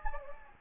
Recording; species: mosquito wingbeat signal from an infrared sensor; Anopheles gambiae